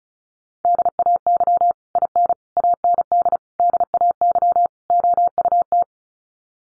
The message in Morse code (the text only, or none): DAY IN AND DAY OUT